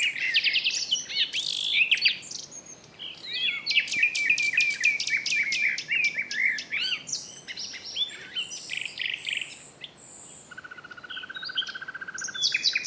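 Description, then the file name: Common nightingale singing a rich, varied song: dense runs of rapid repeated notes, sharp chirps and high whistles, with brief drops in volume between phrases. "Luscinia megarhynchos"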